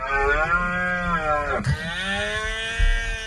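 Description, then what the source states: Red deer rutting roar: long, drawn-out, moaning bellows with a rich harmonic tone that sags slightly in pitch, broken by an abrupt cut before a second roar. Stags roaring in the rut in a park, which can be heard from 13 listening points.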